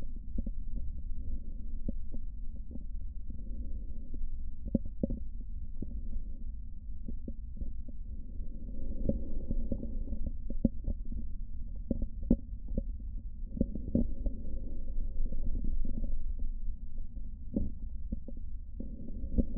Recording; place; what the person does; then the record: lung sounds by stethoscope; right posterior basal chest; quiet breathing, then deep breathing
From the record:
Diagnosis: interstitial lung disease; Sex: female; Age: 53 years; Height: 168 cm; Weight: 108 kg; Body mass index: 38.3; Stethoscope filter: diaphragm mode